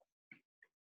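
A plunger guide cover is fitted onto a fuel injection pump. Two short, sharp hits sound at 0.3 s and 0.6 s, and the guide is fitted home.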